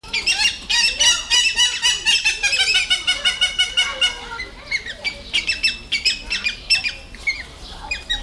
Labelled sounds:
Hamerkop call
Western Cattle Egret
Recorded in captivity
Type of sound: call sequence
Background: Bubulcus ibis
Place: Tierpark Berlin, Berlin, DE
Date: 1997-06-28 17:49
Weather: 25°C, heiter
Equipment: Sony MD-WM MZ-R3, Sennheiser MKH 416 T, Kopie Uher 4000 Report Monitor
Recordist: Tembrock, Günter
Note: Rufreihe in der Kuhreiher-Aufnahme

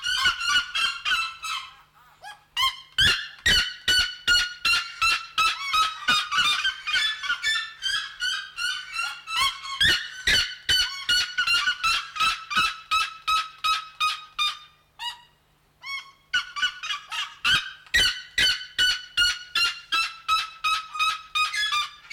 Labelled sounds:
Red-legged Seriema call
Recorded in captivity
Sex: male
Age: adult
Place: Zoo Berlin, Berlin, DE
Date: 1994-01-08 11:10
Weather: wolkig bis sonnig, 6°C
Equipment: Marantz CP 430, Sennheiser MKH 416 T, Kopie Uher Variocord 263
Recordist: Tembrock, Günter

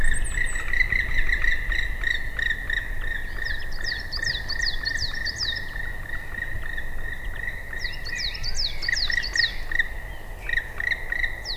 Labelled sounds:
Black Woodpecker call
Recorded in the wild
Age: adult
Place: Altsorgefeld, NSG Rochauer Heide, Brandenburg, DE
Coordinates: 51.8147, 13.52
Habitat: wood
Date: 2007-03-13 17:38
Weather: heiter, 15°C, windstill
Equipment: Sound Devices 702, Sennheiser MKH 70, Windkorb
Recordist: Frommolt, Karl-Heinz
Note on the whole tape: Revier 94: "krü-krü"- und "kijäh"-Rufe. Entfernung ca. 100 m

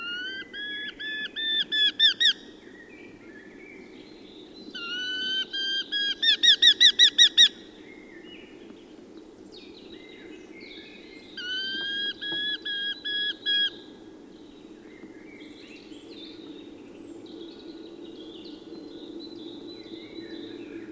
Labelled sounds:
Eurasian Hobby call
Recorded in the wild
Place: Kuchelmiß, Mecklenburg-Vorpommern, DE
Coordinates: 53.667, 12.347
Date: 1980-04-29 16:25
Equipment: Nagra III BH, Sennheiser MD 21, parabola
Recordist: Schubert, Michael

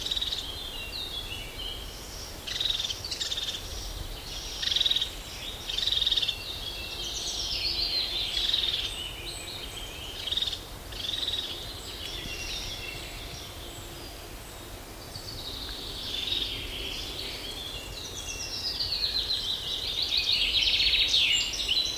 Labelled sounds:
European Crested Tit call
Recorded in the wild
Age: adult
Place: Mühlenbecker Wald, Brandenburg, DE
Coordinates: 52.7, 13.4
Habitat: waterhead
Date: 1988-07-10 11:41
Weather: overcast, 17-20°C, winds
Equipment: Sony WM-D6C, Kopie Tesla B 116
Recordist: Tembrock, Günter

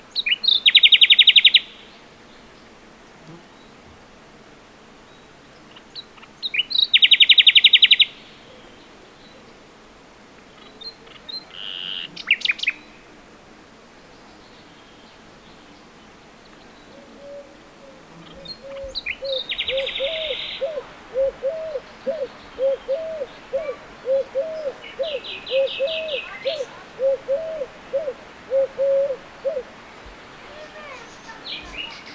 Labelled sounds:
Common Nightingale
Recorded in the wild
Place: Turgut, TR
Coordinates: 36.7372, 28.1531
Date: 1993-04-30 12:30
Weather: fair, 25°C in the shade
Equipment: Aiwa HD-S1, Sennheiser MKH 70
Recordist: Frommolt, Karl-Heinz
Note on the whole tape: Am Wasserfall: Rufe und Gesang von 2 Tieren. Am Schluß der Aufnahme Türkentaube

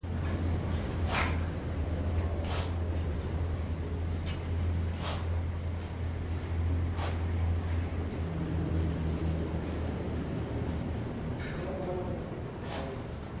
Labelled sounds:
Common Palm Civet
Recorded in captivity
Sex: pair
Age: adult
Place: Tierpark Görlitz, Sachsen, DE
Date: 1988-02-24 11:12
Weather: overcast, ca. 0°C
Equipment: Nagra SN
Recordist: Tembrock, Günter
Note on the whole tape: Palmroller (bei Tembrock). Paar (Ranz): Schnauflaute vom Männchen, rhythmische Folge und helle Laute vom Weibchen

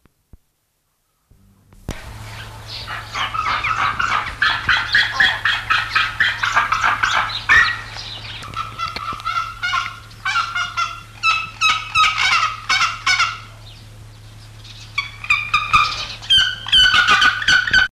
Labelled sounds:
Pallas's Fish Eagle call
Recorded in captivity
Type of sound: call
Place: Tierpark Berlin
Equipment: Halbspur, 9,5 cm/s
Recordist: Lütgens, Hans
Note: Rufe

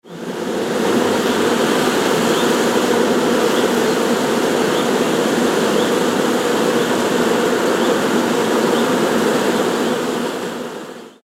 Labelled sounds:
Honey Bee
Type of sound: buzzing
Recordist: Tembrock, Günter
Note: Völker am Bienenstock

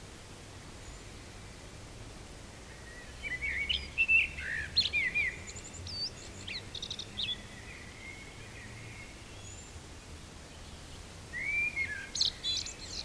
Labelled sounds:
Common Blackbird song
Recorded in the wild
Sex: male
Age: adult
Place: Bielefeld-Mitte, Nordrhein-Westfalen, DE
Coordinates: 52.0081, 8.54722
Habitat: residential district
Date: 1968-04-20
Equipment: Uher 4000 Report-S, Bändchenmikro Beyer M 260, Parabolspiegel Polyester (470 mm)
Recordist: Conrads, Klaus

